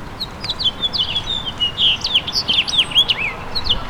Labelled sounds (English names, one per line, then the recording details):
House Finch song
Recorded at Babylon on Long Island, New York, on 18 May 2013
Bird F